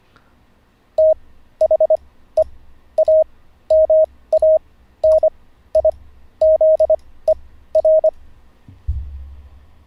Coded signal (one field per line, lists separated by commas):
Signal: Morse code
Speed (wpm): 25 wpm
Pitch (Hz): 630 Hz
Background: none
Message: THE AMANIZER